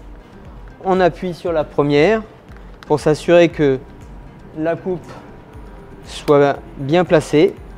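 A glazing bead is handled and positioned against a Fusia window sash frame during glazing replacement, with the first bead pressed to make sure the corner cut sits correctly, while someone talks throughout. Only soft handling noises are heard under the speech; nothing has seated or clicked yet.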